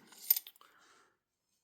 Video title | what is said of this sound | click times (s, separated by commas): Remette shows they still have gravity! | So you can see there. That's how the blade locks in. It just slides in and then locks in place. | 0.3 s